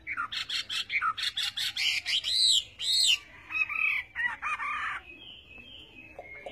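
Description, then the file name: Chinese hwamei song of harsh, ringing notes in a quick series, followed by softer whistled phrases and a long thin whistle at the end. "Tieng hoa mi hot"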